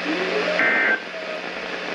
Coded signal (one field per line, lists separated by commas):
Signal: Emergency Alert System (SAME) tones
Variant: end-of-message bursts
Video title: Emergency Programming... EAS Alerts from 6/9/19 - 6/10/19 (EAS #2,661 - 2,693)